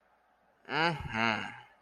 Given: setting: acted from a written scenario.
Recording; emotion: vocal sound without words; contentment